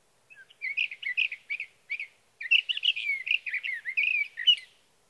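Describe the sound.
Sage thrasher singing a continuous jumble of fast warbling notes and slurred whistles, pausing briefly before a longer unbroken stretch.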